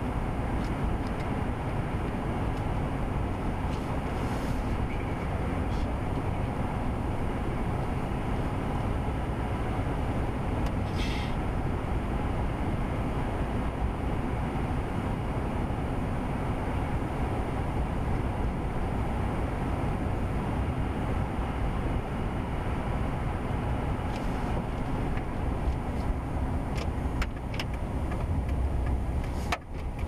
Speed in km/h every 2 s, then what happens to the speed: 50, 48, 47, 45, 45, 47, 45, 47, 47, 42, 45, 47, 44, 35, 24.
0-22 steady at about 47. 22-30 slows to 24.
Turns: 23-25.